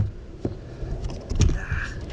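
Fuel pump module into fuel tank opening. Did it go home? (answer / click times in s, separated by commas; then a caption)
yes / 1.4 s. A Commodore fuel pump module is pushed down into the fuel tank opening, with soft scrapes and small knocks around 0.5, 1.1 and 1.3 seconds. A sharp knock at 1.4 seconds marks the module's small dowel dropping into its locating groove, and the module is seated.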